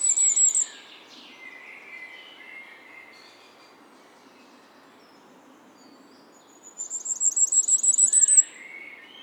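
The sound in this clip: Firecrest singing a high, thin, fast series of notes that grows louder, heard once near the end after a clipped phrase at the start, with faint lower twittering between.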